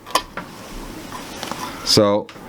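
A machine screw is handled by hand with a loose driver bit, with no screwdriver attached to make over-torquing and stripping harder, as it is brought to a threaded standoff for a fuse holder mount on an amplifier board. Sharp metallic taps are heard at 0.2 and 0.4 seconds, then faint ticks near 1.4 and 1.5 seconds, and someone talks briefly near the end. The thread has not clicked into engagement and nothing has seated yet.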